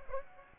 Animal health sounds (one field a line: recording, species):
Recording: mosquito wingbeat signal from an infrared sensor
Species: Aedes aegypti